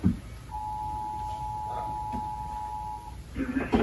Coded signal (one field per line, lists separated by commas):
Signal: Emergency Alert System (SAME) tones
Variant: 853 and 960 Hz attention tone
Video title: WFSB EAS Severe Thunderstorm Warning for Litchfield County Connecticut 05-15-2020 8:37 PM